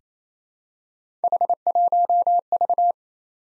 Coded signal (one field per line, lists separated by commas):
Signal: Morse code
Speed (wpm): 27 wpm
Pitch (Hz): 700 Hz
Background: none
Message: H1V